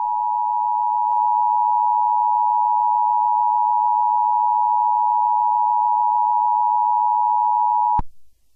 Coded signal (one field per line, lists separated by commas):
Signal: Emergency Alert System (SAME) tones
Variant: 853 and 960 Hz attention tone